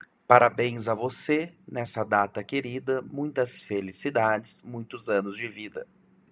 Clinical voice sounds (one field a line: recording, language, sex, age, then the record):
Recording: short text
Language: Brazilian Portuguese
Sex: male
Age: 30 to 39 years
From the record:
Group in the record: control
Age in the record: 30 years